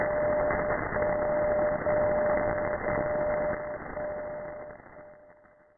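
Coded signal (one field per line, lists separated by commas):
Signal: radio time signal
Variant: DCF77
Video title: 77 5 kHz DCF77 Jan 20,2020 1944 UTC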